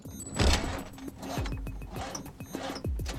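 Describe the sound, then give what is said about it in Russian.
In a film, the character Vadim tries to start his car: the engine cranks over and over without catching, a rhythmic, labored grinding from the starter motor following a brief rustling burst at the start. “Вадим делает попытки завести машину.”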